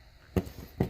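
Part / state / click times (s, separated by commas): retaining clip on a door lock insert trim piece / seated / 0.8 s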